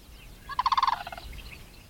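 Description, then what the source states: Lesser Sandhill Crane rattling call, a short burst of rapid rolling notes, with faint background hiss. Migrating through eastern Washington's Columbia Basin in spring, between California's Central Valley and Alaskan nesting grounds.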